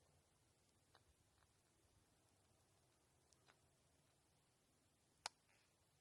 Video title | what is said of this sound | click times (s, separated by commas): Trapping 1-0-No / Cold Weather / MB-550 trap | you can go online somewhere and read about that but if you'll listen you'll listen for the click | 5.3 s